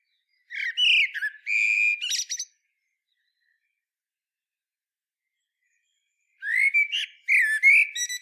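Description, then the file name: Common blackbird singing two phrases several seconds apart, each a mellow fluted whistle followed by a brief squeaky flourish. "Turdus merula"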